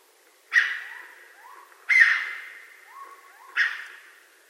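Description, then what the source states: Raccoon giving three harsh, hissing screeches about one and a half seconds apart, each fading out, with faint short rising chirps in the gaps. Recorded on 20 March 2012.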